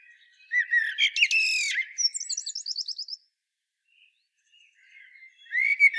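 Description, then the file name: Common blackbird song phrase of rich warbled notes breaking into a rapid squeaky trill, a quiet gap, then the start of a fresh fluted phrase. "Turdus merula"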